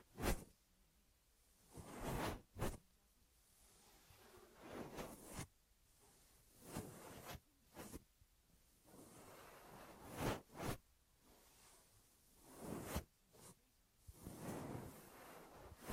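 Ear massage triggers: soft rubbing and brushing strokes with quiet gaps between them. Sharp, crisp bursts stand out near 0, 2.5, 5.5, 10.5 and 13 seconds, like quick zipper-like swipes, while gentler swishes fill the stretches in between.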